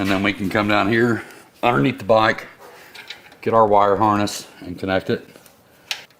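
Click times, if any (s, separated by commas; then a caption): 5.9 s. Under a motorcycle, the carbon fiber plate frame's light wire harness plug is pushed into the bike's rear harness connector while someone talks. A loud, sharp click at 5.9 s shows the connector has seated.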